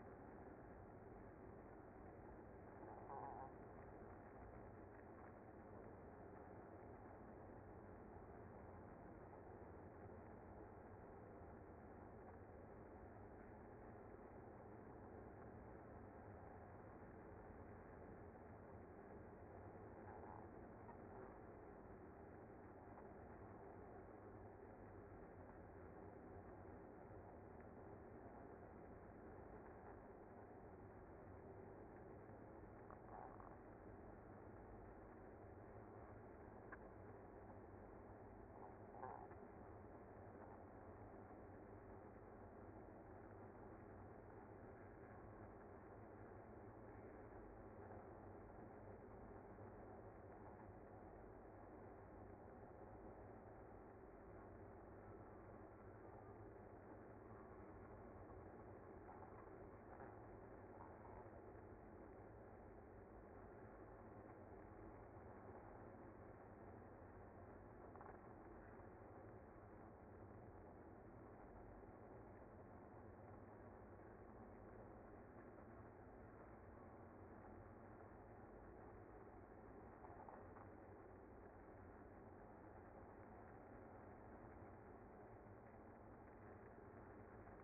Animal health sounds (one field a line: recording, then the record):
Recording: honeybee colony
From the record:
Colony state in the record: active